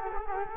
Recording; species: mosquito wingbeat signal from an infrared sensor; Culex quinquefasciatus